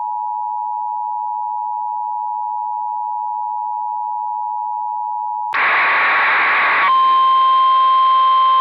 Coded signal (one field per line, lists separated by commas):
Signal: Emergency Alert System (SAME) tones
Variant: 853 and 960 Hz attention tone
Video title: EAS MOCK: The Great California Shakeout (10/16/25)